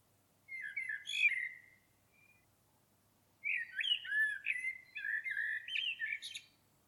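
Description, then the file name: Common blackbird singing two phrases with a short pause between, each a rich whistled warble mixed with high, chattering squeaks. "Turdus merula"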